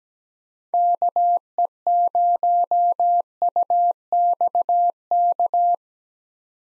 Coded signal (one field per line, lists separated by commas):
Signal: Morse code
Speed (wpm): 17 wpm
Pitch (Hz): 700 Hz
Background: none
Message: KE0UXK